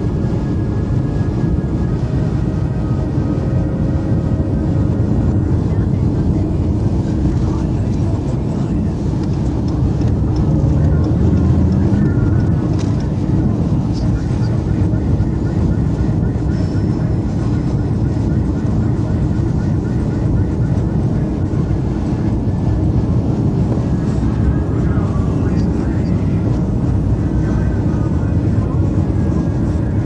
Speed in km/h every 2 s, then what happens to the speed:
108, 108, 109, 109, 106, 111, 114, 114, 114, 116, 116, 113, 113, 113, 113.
0-9 steady at about 108. 9-11 speeds up to 114. 11-30 steady at about 114.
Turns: none.